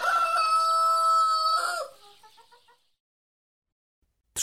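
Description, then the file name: Chicken calls: a sustained rooster crow ends, then a short series of quick soft clucks fades away, followed by silence and a sudden loud burst at the very end. "kogut kury"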